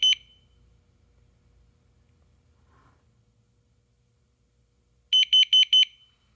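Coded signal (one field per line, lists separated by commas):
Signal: alarm pattern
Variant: temporal-four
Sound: a brief shrill beep, about five seconds of quiet, then four quick high beeps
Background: quiet room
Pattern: 4 short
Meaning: Carbon monoxide alarm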